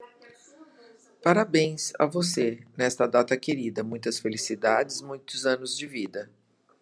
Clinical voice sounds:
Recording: short text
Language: Brazilian Portuguese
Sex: female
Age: 60 to 69 years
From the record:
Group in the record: control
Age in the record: 66 years

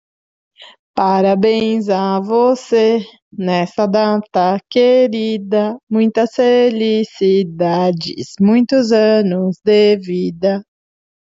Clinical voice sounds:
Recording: short text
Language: Brazilian Portuguese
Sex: female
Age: 30 to 39 years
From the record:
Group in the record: control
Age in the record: 30 years

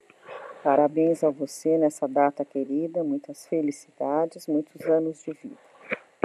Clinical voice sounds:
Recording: short text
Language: Brazilian Portuguese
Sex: female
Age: 60 to 69 years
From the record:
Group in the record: control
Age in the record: 62 years

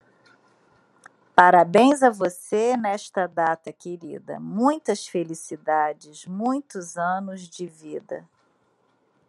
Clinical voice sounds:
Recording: short text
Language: Brazilian Portuguese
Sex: female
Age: 50 to 59 years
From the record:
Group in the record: control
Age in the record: 57 years

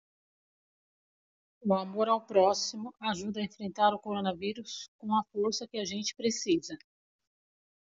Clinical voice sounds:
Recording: spoken sentence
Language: Brazilian Portuguese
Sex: female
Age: 40 to 49 years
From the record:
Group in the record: control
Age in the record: 48 years

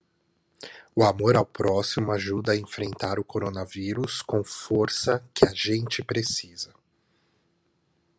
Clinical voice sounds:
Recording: spoken sentence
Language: Brazilian Portuguese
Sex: male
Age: 30 to 39 years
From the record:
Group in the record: control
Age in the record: 37 years

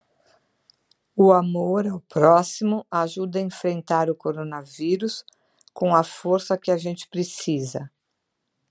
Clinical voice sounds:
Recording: spoken sentence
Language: Brazilian Portuguese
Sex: female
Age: 50 to 59 years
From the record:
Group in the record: control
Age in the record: 58 years

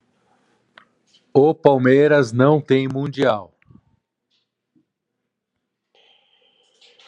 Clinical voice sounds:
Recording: spoken sentence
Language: Brazilian Portuguese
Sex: male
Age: 50 to 59 years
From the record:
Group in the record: control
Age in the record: 54 years

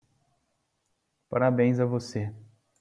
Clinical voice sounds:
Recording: short text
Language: Brazilian Portuguese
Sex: male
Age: 30 to 39 years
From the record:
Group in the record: control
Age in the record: 34 years

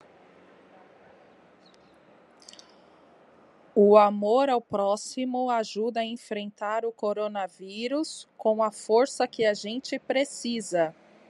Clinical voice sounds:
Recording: spoken sentence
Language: Brazilian Portuguese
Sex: female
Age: 30 to 39 years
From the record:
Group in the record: control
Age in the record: 34 years

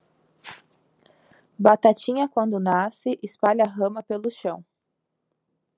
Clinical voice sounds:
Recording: short text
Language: Brazilian Portuguese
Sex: female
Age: 20 to 29 years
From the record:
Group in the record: control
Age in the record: 27 years

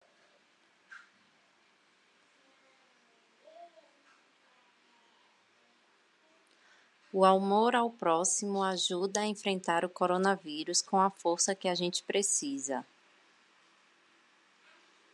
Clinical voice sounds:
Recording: spoken sentence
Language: Brazilian Portuguese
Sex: female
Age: 30 to 39 years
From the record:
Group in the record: control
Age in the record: 35 years

